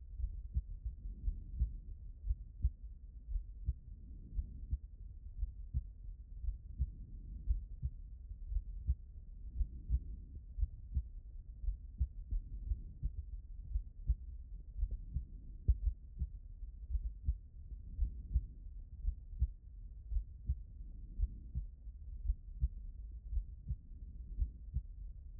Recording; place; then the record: heart sounds by stethoscope; pulmonary valve (PV)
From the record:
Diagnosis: non-HFrEF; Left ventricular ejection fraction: 63%